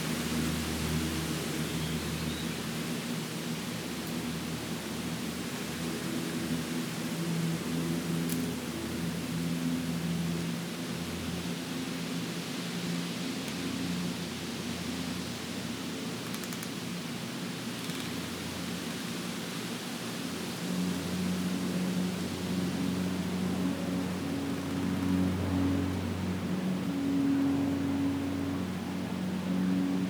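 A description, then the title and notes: Wind rushes steadily through the trees in a dense, even hiss with a low rumble, swelling slightly near the end. Wind in the trees. A warm windy day with occasional gusts happening every five to ten minutes.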